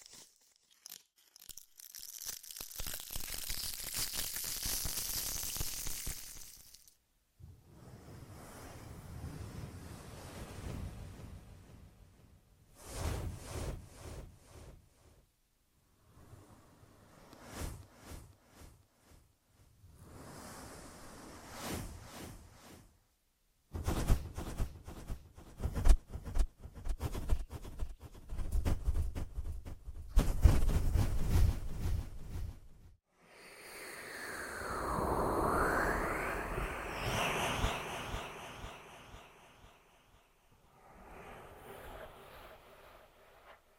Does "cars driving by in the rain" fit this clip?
no